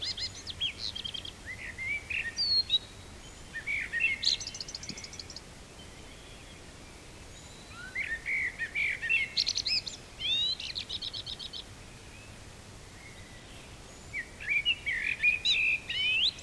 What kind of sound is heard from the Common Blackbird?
song